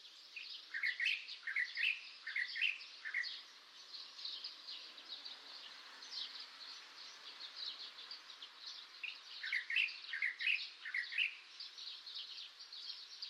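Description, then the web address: Barn swallow twittering: runs of quick chirps, a pause, then another run later, over a busy high background. "Deverinetal 2025 Bird Only Hi Ru"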